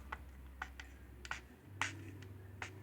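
Plastic or gelatin capsule caps are pressed down onto their filled bodies in a Profill 100 Torpac brand manual capsule-filling tray. Short, sharp clicks sound at 0.1, 0.6, 1.2, 1.3, 1.8 and 2.6 seconds over a low steady hum, the one at 1.8 seconds the loudest. Each click is a capsule locking together so the capsules won't separate.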